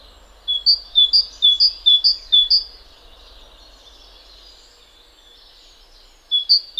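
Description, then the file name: Great tit song: a run of about five bright two-note phrases, high then lower, repeated rapidly, a long pause, then the pattern resuming at the end. "Parus major"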